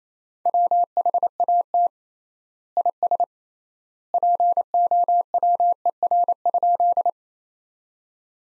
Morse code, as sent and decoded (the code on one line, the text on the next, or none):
.-- .... .- - / .. ... / .--. --- .-- . .-. ..--..
WHAT IS POWER?